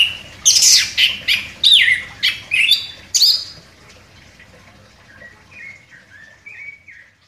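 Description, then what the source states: Orange-headed thrush song: a burst of loud, varied whistled and chirping phrases for about three seconds, followed by softer warbled notes fading out. Indonesian name anis kembang; bird described as gacor, singing actively.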